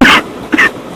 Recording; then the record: coughing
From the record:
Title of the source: 31 night wet cough